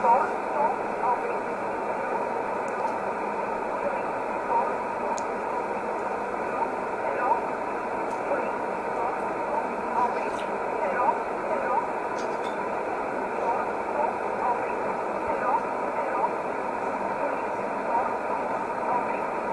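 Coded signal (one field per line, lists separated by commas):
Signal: numbers station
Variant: E11 Oblique, English voice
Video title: 24 06 2020 E11 Oblique Numbers station in English 0746 on 15720 unknown tx site in USB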